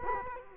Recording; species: mosquito wingbeat signal from an infrared sensor; Culex quinquefasciatus